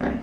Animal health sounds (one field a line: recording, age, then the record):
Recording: pig call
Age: growing-finishing pig (85 days or more)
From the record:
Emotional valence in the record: negative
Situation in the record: barren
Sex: female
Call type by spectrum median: low-frequency call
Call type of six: low-frequency modulated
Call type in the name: low-frequency modulated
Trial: 3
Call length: 0.23 s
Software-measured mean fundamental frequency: 60 Hz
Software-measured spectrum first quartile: 231 Hz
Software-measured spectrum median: 386 Hz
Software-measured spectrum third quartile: 830 Hz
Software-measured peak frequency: 254 Hz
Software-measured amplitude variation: 137 dB a second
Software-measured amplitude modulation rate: 22.1 a second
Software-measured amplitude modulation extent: 6.2 dB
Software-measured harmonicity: 2.3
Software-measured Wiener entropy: -0.79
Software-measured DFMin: 1449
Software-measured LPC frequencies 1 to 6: 1673, 3666, 4622, 5870, 7399, 8265 Hz